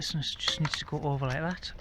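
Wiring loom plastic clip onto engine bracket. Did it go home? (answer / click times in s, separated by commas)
no / none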